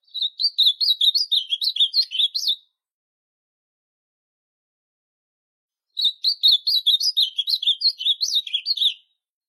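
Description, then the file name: Ultramarine grosbeak singing two fast, tumbling warbled phrases, with a pause of several seconds between them and no other sounds. "canto do azulao bicudo"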